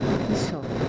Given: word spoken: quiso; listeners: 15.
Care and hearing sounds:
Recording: one Spanish word in noise, from a listening test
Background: noise modulated by three-talker babble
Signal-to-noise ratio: -5.4 dB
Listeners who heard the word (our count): 1 of 15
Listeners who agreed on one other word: 12 of 15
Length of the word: 0.49 s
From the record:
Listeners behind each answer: 12, 1, 1, 1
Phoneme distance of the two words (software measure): 10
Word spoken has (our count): 2 syllables, 4 phonemes, stress on syllable 1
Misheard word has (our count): 2 syllables, 4 phonemes, stress on syllable 1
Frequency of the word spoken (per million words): 65.99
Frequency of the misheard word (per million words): 62.99

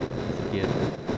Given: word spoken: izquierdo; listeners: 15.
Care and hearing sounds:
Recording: one Spanish word in noise, from a listening test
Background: noise modulated by three-talker babble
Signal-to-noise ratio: -7.2 dB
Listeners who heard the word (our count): 2 of 15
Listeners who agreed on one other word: 8 of 15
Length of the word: 0.78 s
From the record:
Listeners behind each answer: 8, 2, 2, 1, 1, 1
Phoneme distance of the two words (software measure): 10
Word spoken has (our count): 3 syllables, 8 phonemes, stress on syllable 2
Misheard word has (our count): 3 syllables, 8 phonemes, stress on syllable 2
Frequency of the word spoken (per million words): 28.77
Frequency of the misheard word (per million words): 145.72

